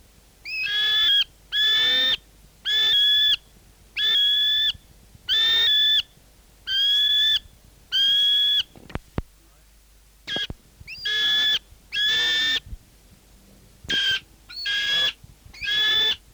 New Zealand falcon/kārearea juvenile female song.